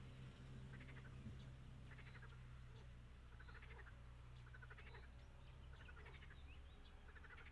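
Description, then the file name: Frog chorus of rapid pulsed croaks coming in bursts every second or so, over a constant low-pitched hum. "Froesche"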